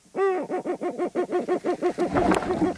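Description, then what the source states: Eurasian eagle-owl calls: a rapid run of nasal, hoarse notes at an even pitch, with a brief rustling thump near the end. A pair mating at night near Maastricht, recorded with a microphone placed in the field; the female sat by the microphone and touched it.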